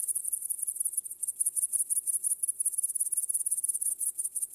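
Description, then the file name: Cricket song, a high, shrill pulsing trill in rapid, steady chirps, about three per second, running without pause throughout. "świerszcze"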